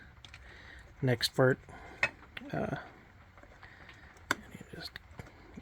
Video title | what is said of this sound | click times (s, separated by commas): Intro To XFighter Builds. The Sister Ships Part 1. Building The Enterprise Polar Lights Models. | clicks right in just like the original part did | 4.3 s